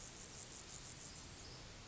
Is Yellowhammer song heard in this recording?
no